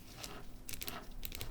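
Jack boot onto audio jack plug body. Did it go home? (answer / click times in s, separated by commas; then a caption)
yes / 0.7 s, 0.8 s, 1.2 s. While finishing a headphone cable, a plastic boot or shell is slid up over the audio jack and pushed home onto the plug body. Over low handling rustle, sharp clicks ring out at 0.7, 0.8 and 1.3 seconds, each followed closely by smaller ticks. The boot seats with a satisfying click.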